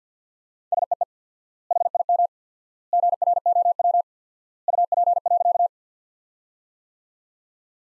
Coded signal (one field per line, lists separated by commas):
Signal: Morse code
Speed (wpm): 48 wpm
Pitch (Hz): 700 Hz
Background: none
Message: SEE HIM GROW UP.